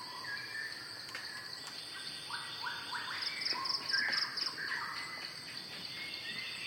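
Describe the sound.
Shama singing short whistled phrases around mid pitch, partly masked by a steady high insect drone and rapid pulsed insect chirps.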